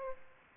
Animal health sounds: mosquito wingbeat signal from an infrared sensor; Aedes aegypti

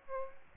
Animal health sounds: mosquito wingbeat signal from an infrared sensor; Aedes aegypti

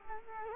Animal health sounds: mosquito wingbeat signal from an infrared sensor; Culex quinquefasciatus

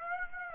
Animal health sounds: mosquito wingbeat signal from an infrared sensor; Aedes aegypti

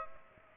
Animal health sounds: mosquito wingbeat signal from an infrared sensor; Aedes aegypti

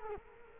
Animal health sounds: mosquito wingbeat signal from an infrared sensor; Culex quinquefasciatus

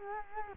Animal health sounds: mosquito wingbeat signal from an infrared sensor; Culex quinquefasciatus

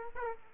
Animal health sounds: mosquito wingbeat signal from an infrared sensor; Aedes aegypti

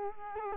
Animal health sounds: mosquito wingbeat signal from an infrared sensor; Culex quinquefasciatus

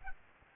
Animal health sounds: mosquito wingbeat signal from an infrared sensor; Aedes albopictus

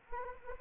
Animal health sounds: mosquito wingbeat signal from an infrared sensor; Anopheles arabiensis

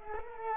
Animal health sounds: mosquito wingbeat signal from an infrared sensor; Culex quinquefasciatus

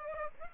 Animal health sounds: mosquito wingbeat signal from an infrared sensor; Aedes aegypti

